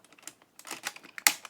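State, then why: Seated. A plastic extension piece of a combining toy robot is pushed onto two pegs, making a series of small plastic taps and scrapes. It clicks home with a sharp, loud snap at 1.3 s and is seated.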